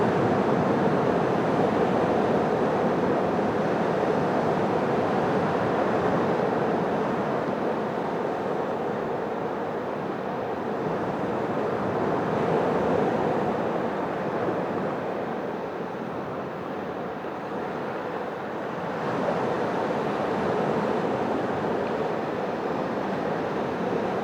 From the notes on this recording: The ebb and flow of the ocean so often meek and gentle, so often immense and huge and fierce.